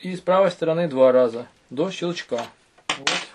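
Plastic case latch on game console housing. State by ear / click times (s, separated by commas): released / 2.9 s, 3.1 s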